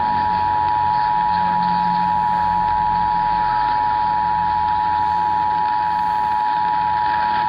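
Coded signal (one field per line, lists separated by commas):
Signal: Emergency Alert System (SAME) tones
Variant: 853 and 960 Hz attention tone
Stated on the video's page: Required monthly tests for Kern and Los Angeles counties, caught live while visiting Palm Desert.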